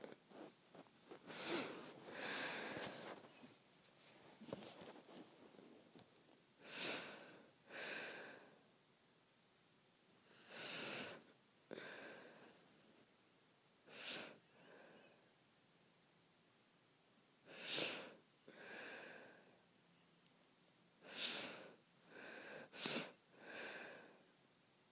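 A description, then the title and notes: Close, breathy sniffing comes in short airy bursts, often in quick pairs, separated by quiet pauses of a second or two. It opens with a dense run of rapid sniffs over the first few seconds, then settles into spaced double sniffs, with a last cluster near the end. ASMR Sniffing and Smelling.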